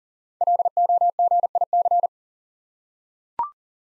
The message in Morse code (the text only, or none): LOGIC